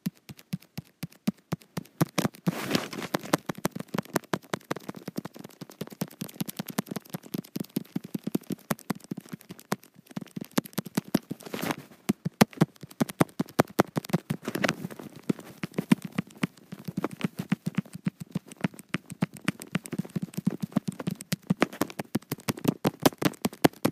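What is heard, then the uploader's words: Fingers tap rapidly on a touch screen, producing a dense, irregular stream of sharp clicks for the whole 24 seconds. The taps come in quick bursts with brief slower gaps, and their bright, crisp ticks sit over a faint soft rustle. ASMR Touch Screen.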